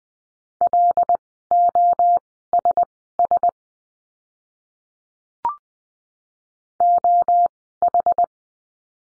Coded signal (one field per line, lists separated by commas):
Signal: Morse code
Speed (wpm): 20 wpm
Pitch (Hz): 700 Hz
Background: none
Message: LOSS OH